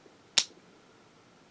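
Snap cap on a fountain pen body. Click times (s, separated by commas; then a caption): 0.4 s. The snap-on cap of a fountain pen is pulled off the pen body, and it comes off a little tight. A single sharp snap-pop sounds at 0.4 s, then fades quickly into quiet, and the cap is released.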